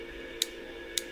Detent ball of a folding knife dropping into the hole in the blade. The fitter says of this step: So that's that little click